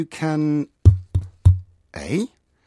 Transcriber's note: tap, tap